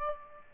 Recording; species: mosquito wingbeat signal from an infrared sensor; Aedes aegypti